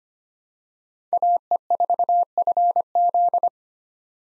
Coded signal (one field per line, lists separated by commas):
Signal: Morse code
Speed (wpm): 25 wpm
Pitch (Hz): 700 Hz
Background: none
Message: AE4FZ